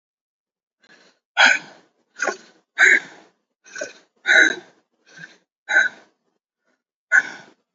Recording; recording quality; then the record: shallow breathing; excellent, no background noise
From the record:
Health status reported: healthy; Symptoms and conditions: none ticked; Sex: male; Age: 28 years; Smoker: not ticked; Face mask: not worn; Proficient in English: yes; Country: India